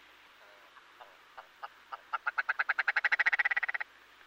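Red grouse call: a rattling series of croaking notes that start sparse and quickly speed up, growing louder into a fast stuttering run before stopping abruptly.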